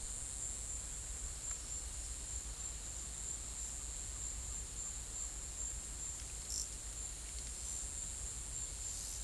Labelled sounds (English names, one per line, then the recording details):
none
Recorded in pastures near Puerto Asís, Putumayo, Colombia, on 21 December 2024 at 13:30
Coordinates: 0.487, -76.322
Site GP09